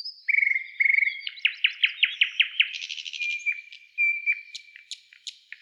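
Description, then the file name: Nightingale song: two long whistled notes, then a rapid series of sharp repeated notes, a thin sustained whistle and scattered high clicks. Song type described as a trill. "Solovey- Trel"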